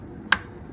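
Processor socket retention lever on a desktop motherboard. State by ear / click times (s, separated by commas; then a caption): seated / 0.3 s. A metal CPU socket retention lever on a desktop motherboard (an HP Compaq d530) is pressed down after the processor is set in the socket. A single sharp click is heard at 0.3 s as the lever snaps under its notch. The lever is seated and holds the processor down.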